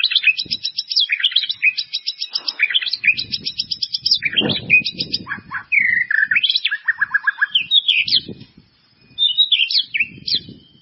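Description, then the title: White-rumped Shama song: fast rattling high notes, then a sequence of varied whistles and downslurred phrases, with soft low knocking sounds underneath. "murai batu"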